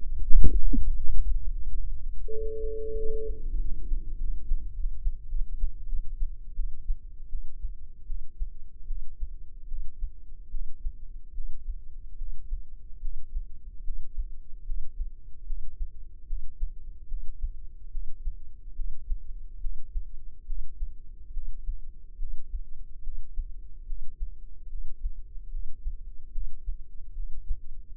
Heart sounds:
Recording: heart sounds by microphone in the left ear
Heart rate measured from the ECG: 78 bpm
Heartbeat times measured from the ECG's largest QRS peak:
0.22 s: heartbeat
0.95 s: heartbeat
1.66 s: heartbeat
2.31 s: heartbeat
2.97 s: heartbeat
3.60 s: heartbeat
4.18 s: heartbeat
4.74 s: heartbeat
5.30 s: heartbeat
5.87 s: heartbeat
6.55 s: heartbeat
7.28 s: heartbeat
8.05 s: heartbeat
8.86 s: heartbeat
9.67 s: heartbeat
10.50 s: heartbeat
11.33 s: heartbeat
12.17 s: heartbeat
13.00 s: heartbeat
13.83 s: heartbeat
14.65 s: heartbeat
15.45 s: heartbeat
16.26 s: heartbeat
17.07 s: heartbeat
17.90 s: heartbeat
18.75 s: heartbeat
19.60 s: heartbeat
20.46 s: heartbeat
21.32 s: heartbeat
22.18 s: heartbeat
23.02 s: heartbeat
23.86 s: heartbeat
24.68 s: heartbeat
25.50 s: heartbeat
26.31 s: heartbeat
27.13 s: heartbeat
27.95 s: heartbeat
From the record:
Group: healthy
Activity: breath hold 0-26 s, rest 26-28 s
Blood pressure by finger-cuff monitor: 106/66 mmHg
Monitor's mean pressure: 77 mmHg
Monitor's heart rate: 73 bpm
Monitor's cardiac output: 6.2 L/min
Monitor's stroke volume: 84 mL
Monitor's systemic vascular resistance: 900 dyn s/cm5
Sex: female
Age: 19 years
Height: 163 cm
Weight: 48.9 kg

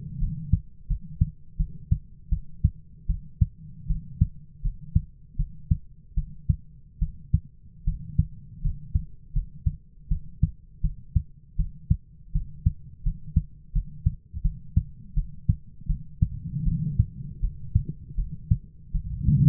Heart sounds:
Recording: heart sounds by stethoscope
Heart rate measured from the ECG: 80 bpm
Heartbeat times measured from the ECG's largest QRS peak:
0.19 s: heartbeat
0.88 s: heartbeat
1.57 s: heartbeat
2.30 s: heartbeat
3.07 s: heartbeat
3.88 s: heartbeat
4.62 s: heartbeat
5.37 s: heartbeat
6.15 s: heartbeat
7.00 s: heartbeat
7.85 s: heartbeat
8.62 s: heartbeat
9.33 s: heartbeat
10.09 s: heartbeat
10.82 s: heartbeat
11.57 s: heartbeat
12.33 s: heartbeat
13.03 s: heartbeat
13.73 s: heartbeat
14.42 s: heartbeat
15.15 s: heartbeat
15.87 s: heartbeat
16.64 s: heartbeat
17.40 s: heartbeat
18.16 s: heartbeat
18.92 s: heartbeat
From the record:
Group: healthy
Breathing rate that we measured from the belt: 14 breaths a minute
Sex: female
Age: 22 years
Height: 161 cm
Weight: 65.5 kg

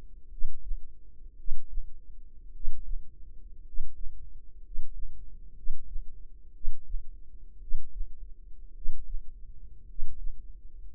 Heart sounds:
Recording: heart sounds by microphone in the left ear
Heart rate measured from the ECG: 57 bpm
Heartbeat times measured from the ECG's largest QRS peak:
0.28 s: heartbeat
1.35 s: heartbeat
2.51 s: heartbeat
3.62 s: heartbeat
4.60 s: heartbeat
5.53 s: heartbeat
6.51 s: heartbeat
7.58 s: heartbeat
8.72 s: heartbeat
9.84 s: heartbeat
10.85 s: heartbeat
From the record:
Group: healthy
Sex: male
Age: 25 years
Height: 170 cm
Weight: 70.4 kg

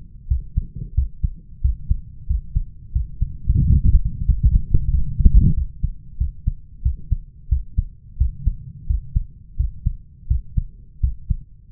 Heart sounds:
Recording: heart sounds by stethoscope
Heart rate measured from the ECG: 89 bpm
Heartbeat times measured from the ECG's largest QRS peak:
0.30 s: heartbeat
0.96 s: heartbeat
1.63 s: heartbeat
2.29 s: heartbeat
2.94 s: heartbeat
3.61 s: heartbeat
4.28 s: heartbeat
4.93 s: heartbeat
5.56 s: heartbeat
6.20 s: heartbeat
6.84 s: heartbeat
7.51 s: heartbeat
8.19 s: heartbeat
8.89 s: heartbeat
9.59 s: heartbeat
10.30 s: heartbeat
11.03 s: heartbeat
From the record:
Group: healthy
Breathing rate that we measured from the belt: 18 breaths a minute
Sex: male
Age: 21 years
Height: 175 cm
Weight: 72.6 kg

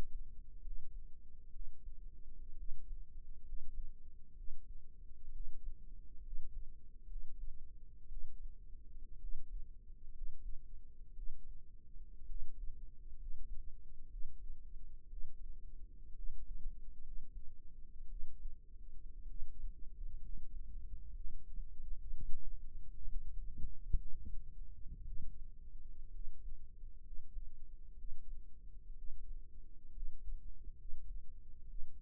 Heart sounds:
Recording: heart sounds by microphone in the right ear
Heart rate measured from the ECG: 62 bpm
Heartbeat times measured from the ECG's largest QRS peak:
0.62 s: heartbeat
1.52 s: heartbeat
2.56 s: heartbeat
3.44 s: heartbeat
4.35 s: heartbeat
5.32 s: heartbeat
6.22 s: heartbeat
7.07 s: heartbeat
8.08 s: heartbeat
9.19 s: heartbeat
10.13 s: heartbeat
11.14 s: heartbeat
12.26 s: heartbeat
13.17 s: heartbeat
14.09 s: heartbeat
15.08 s: heartbeat
16.14 s: heartbeat
17.02 s: heartbeat
18.07 s: heartbeat
19.26 s: heartbeat
20.20 s: heartbeat
21.12 s: heartbeat
22.10 s: heartbeat
23.07 s: heartbeat
23.96 s: heartbeat
25.04 s: heartbeat
26.11 s: heartbeat
27.02 s: heartbeat
27.96 s: heartbeat
28.95 s: heartbeat
29.92 s: heartbeat
30.76 s: heartbeat
31.66 s: heartbeat
From the record:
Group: healthy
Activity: rest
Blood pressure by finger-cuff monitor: 119/68 mmHg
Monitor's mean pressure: 84 mmHg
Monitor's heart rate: 64 bpm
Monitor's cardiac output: 5.9 L/min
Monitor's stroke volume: 95 mL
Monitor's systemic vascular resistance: 1020 dyn s/cm5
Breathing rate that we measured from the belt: 18 breaths a minute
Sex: male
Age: 22 years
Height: 181 cm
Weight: 79 kg

